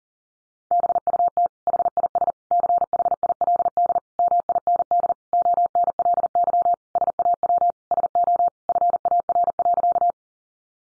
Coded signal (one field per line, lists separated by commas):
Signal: Morse code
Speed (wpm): 40 wpm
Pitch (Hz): 700 Hz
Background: none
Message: BUT HIS CHILD MIND ONLY SAW SO FAR.